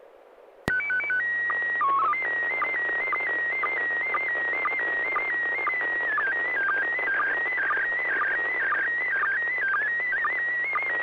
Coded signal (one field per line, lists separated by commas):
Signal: SSTV (slow-scan television)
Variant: PD 120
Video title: N6NA SSTV Net - 01/15/2025